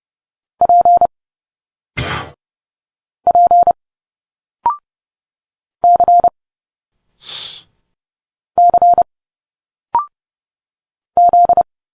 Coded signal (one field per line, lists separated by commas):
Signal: Morse code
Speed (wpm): 30 wpm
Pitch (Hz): 700 Hz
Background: none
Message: P P C C Z